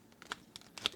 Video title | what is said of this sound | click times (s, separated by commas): DC Comics Multiverse 6" Scale King Shark Collect-And-Connect Figure Review | And then you want to just snap in the arms, and they again should just pop into place. | 0.3 s, 0.9 s